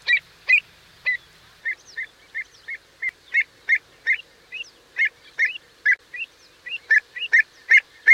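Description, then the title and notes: Avocet calling in a run of short piping notes, some soft and some louder, repeated two to three times a second. Wading bird. "Song of the Avocet (Wading bird)"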